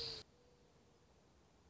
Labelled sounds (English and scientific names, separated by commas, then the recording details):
Mourning Dove (Zenaida macroura)
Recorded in Sonoma County, California